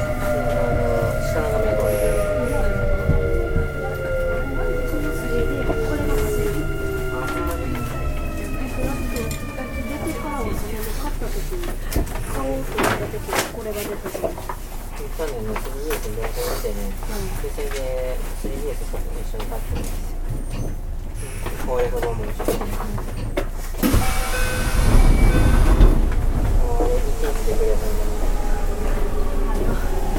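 Running sound of a Kintetsu 5820 series train on a Nara Line local service. Early on, motor whine tones glide downward as the train slows, then a steady low rumble continues with scattered clicks and knocks, a voice announcement, and a louder burst of rushing noise near 25 seconds.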